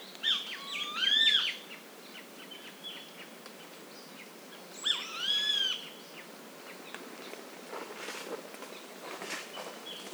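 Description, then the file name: Eurasian jay making two arching, tonal calls about four seconds apart, with faint background sounds between them. "Garrulus glandarius"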